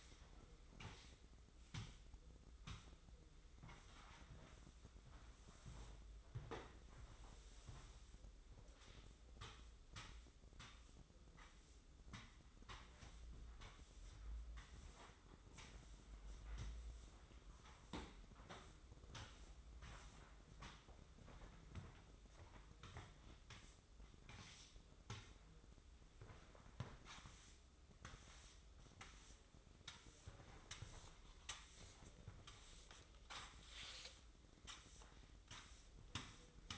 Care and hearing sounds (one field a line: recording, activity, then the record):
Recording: daily activity, microphone in the room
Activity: sweep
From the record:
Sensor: 3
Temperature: 24.5 degrees Celsius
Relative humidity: 30.4%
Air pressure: 995.9 hPa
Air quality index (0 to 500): 94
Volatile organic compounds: 12 ppm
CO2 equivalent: 2355 ppm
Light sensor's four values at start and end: 29/87/37/32 and 28/80/34/31